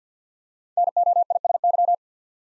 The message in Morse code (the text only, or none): NOISY